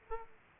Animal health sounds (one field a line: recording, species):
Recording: mosquito wingbeat signal from an infrared sensor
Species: Aedes aegypti